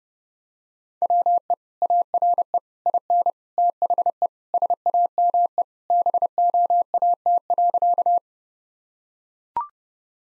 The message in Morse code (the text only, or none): WE ARE IN THE SAME BOAT.